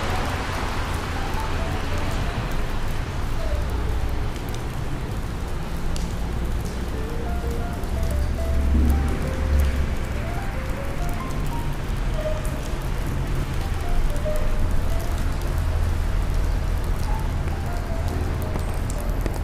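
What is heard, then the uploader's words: Steady rain patters on pavement through a rainy New York day, over a constant low rumble of traffic with brief swells around nine seconds. Raining Day In New York.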